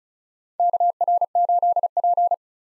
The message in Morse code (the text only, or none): KR8P